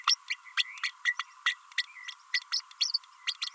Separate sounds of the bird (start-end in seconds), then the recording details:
0.06-0.15, 0.29-0.36, 0.83-0.91, 1.05-1.15, 1.19-1.24, 1.46-1.55, 2.33-2.40, 2.52-2.61, 2.80-2.92, 3.27-3.34, 3.41-3.49. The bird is a female. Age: 30 days. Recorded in a nest box in Venezuela. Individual 17B32A5